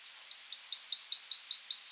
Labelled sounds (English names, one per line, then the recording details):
Yellowhammer song
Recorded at under 5 m from the bird
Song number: 057